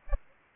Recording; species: mosquito wingbeat signal from an infrared sensor; Aedes aegypti